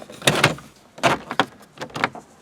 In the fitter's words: just kind of snaps back into place like it should.